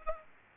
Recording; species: mosquito wingbeat signal from an infrared sensor; Aedes aegypti